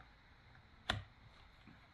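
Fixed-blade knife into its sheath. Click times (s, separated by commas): 0.9 s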